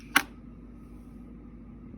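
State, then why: Seated. A replacement rechargeable battery is pressed into the plastic housing of a Logitech H820e wireless headset. A single sharp, short click sounds at 0.2 s, followed by a quiet low background hum. The battery snaps into place and is seated.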